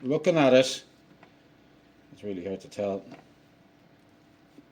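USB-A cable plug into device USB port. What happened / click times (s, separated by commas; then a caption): Plug handled, not yet seated; no click / none. A USB-A cable plug is handled at the USB slot on a DIY colorimeter while someone talks, with a faint tap near 1.2 s and otherwise a quiet background. Nothing has seated or clicked yet.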